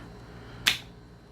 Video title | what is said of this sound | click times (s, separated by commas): Unboxing video of the Gaciron V9D 1600 | don't stop until you hear a click here | 0.7 s